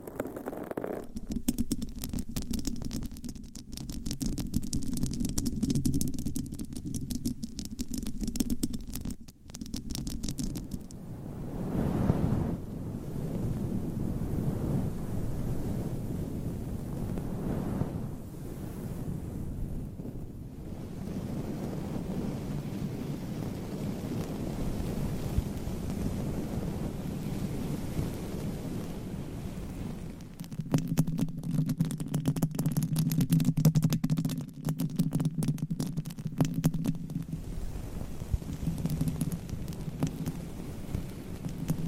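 Scratching on microphones with nails and covers, a dense, rumbling rasp that runs almost without pause. Low, buzzing stretches with rapid crackling sit at the start and again from about 30 to 37 seconds, while the middle is a softer, duller rubbing.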